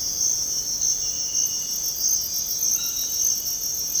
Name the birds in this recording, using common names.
none